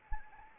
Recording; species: mosquito wingbeat signal from an infrared sensor; Anopheles arabiensis